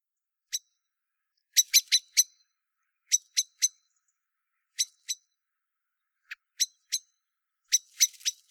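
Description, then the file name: Common blackbird giving sharp, clicking chink calls, singly and in quick runs of two to four, spaced irregularly over a quiet background. "Turdus merula"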